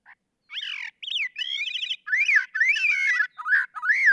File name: Gray-cheeked Thrush